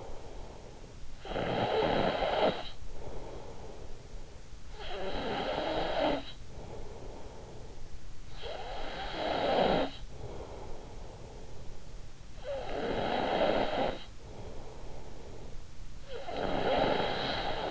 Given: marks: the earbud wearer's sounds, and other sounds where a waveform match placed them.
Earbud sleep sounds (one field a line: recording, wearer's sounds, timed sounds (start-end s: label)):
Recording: sounds in sleep by an in-ear microphone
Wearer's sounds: snoring breath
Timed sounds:
0.00-17.71 s: snoring breath